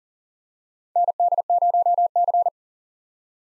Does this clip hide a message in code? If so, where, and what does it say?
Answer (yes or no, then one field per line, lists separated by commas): yes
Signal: Morse code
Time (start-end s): 1.0-2.5 s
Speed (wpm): 40 wpm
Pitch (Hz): 700 Hz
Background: none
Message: ND0C